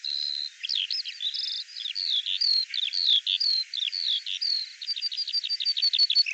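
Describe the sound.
Bird song opening with a steady whistle, then varied slurred notes and a quick run of repeated chirps toward the end.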